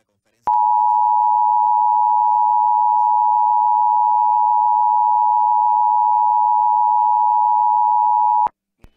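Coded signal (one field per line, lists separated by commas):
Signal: Emergency Alert System (SAME) tones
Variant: 853 and 960 Hz attention tone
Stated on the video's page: Real alerts for Hurricane Fiona in Puerto Rico, received from NOAA Weather Radio San Juan, a San Juan TV station's audio, and a Hormigueros transmitter.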